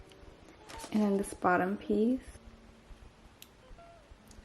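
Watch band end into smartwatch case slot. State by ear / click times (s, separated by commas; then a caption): seated / 3.4 s. Someone talks while the bottom band piece is slid into the lower slot of a rose gold 40 mm GPS Apple Watch SE (2021) case. A short, sharp click is heard at 3.4 s, and the band end is seated in the case.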